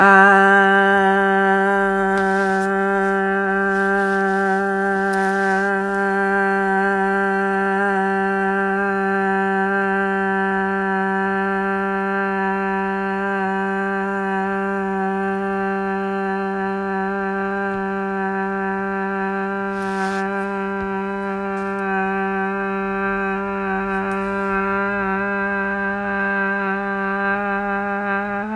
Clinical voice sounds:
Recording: sustained vowel /a/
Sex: female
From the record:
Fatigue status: no fatigue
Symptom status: symptomatic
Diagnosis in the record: COVID-19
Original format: m4a

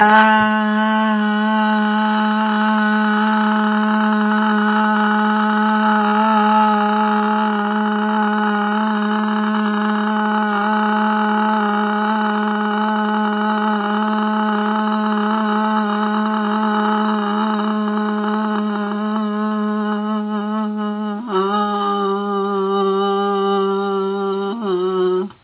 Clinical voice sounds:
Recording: sustained vowel /a/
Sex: female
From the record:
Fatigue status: no fatigue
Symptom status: symptomatic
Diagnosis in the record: COVID-19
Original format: 3gp

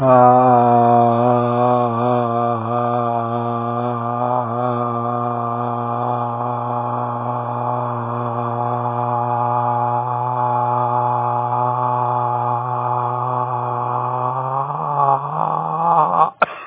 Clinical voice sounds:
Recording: sustained vowel /a/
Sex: male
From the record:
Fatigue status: fatigue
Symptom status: symptomatic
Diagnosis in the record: COVID-19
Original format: 3gp

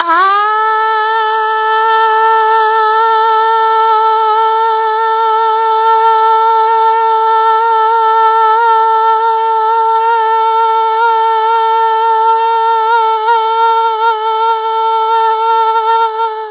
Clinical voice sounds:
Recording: sustained vowel /a/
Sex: female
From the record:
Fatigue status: no fatigue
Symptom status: symptomatic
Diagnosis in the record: COVID-19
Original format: 3gp

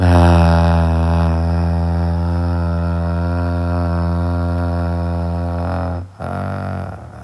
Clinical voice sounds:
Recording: sustained vowel /a/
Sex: male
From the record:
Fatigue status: no fatigue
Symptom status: asymptomatic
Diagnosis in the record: COVID-19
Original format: m4a

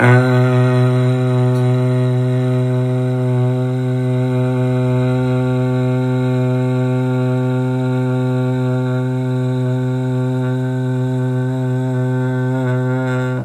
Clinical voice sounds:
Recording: sustained vowel /a/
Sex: male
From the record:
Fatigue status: no fatigue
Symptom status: asymptomatic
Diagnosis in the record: COVID-19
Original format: m4a

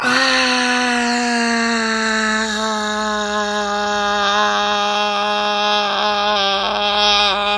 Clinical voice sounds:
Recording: sustained vowel /a/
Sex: female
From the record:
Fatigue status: no fatigue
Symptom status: asymptomatic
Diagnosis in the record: COVID-19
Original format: m4a

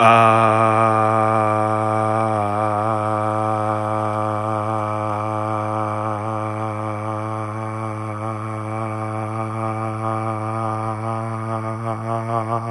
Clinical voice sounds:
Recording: sustained vowel /a/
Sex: male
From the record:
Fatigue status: no fatigue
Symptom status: asymptomatic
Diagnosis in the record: COVID-19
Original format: m4a

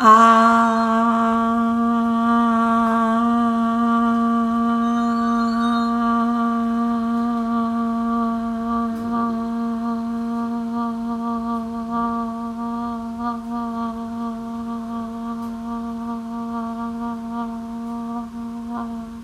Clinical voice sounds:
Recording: sustained vowel /a/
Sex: female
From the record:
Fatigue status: fatigue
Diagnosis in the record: COVID-19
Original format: m4a

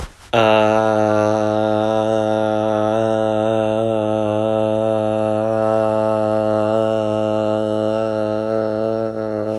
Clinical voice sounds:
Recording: sustained vowel /a/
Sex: male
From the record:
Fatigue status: no fatigue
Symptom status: symptomatic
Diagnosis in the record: COVID-19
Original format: m4a

